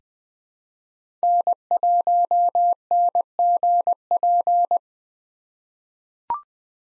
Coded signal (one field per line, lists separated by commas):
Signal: Morse code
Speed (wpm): 20 wpm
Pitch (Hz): 700 Hz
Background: none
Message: N1NGP